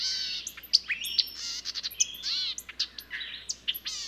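Bird song: quick varied chirps, sweeping whistles and high trills tumbling one after another, with short pauses between bursts.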